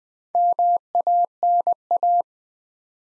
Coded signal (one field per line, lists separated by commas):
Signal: Morse code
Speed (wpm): 20 wpm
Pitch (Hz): 700 Hz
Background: none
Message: MANA